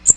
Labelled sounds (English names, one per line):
Magnolia Warbler flight call